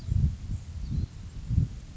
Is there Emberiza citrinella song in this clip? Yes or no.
no